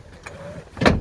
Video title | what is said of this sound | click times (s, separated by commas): DF19XKZ Handover | click into place now the | 0.9 s